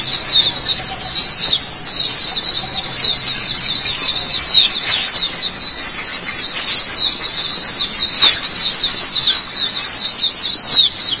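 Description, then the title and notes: White-eye song as a steady, high, rapid twitter of jumbled sweet notes that keeps going for the whole stretch. White-eye chirping song. "Kicauan Burung Pleci Durasi Panjang. Suara kicauan burung pleci"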